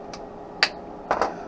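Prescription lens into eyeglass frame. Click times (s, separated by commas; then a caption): 0.6 s. An edged prescription anti-glare lens is tucked in at the outside corner of a Reid's Society 43 University of North Carolina Tarheels eyeglass frame, then pressed down at the nose with the thumbs until it snaps into the frame rim. A faint tick sounds at 0.1 s, a sharp, loud snap at 0.6 s marks the lens seating, and two softer clicks follow at 1.1 and 1.2 s. The lens is seated in the frame.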